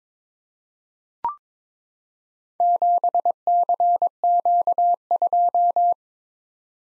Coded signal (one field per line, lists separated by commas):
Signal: Morse code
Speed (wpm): 22 wpm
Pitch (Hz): 700 Hz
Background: none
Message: 7CQ2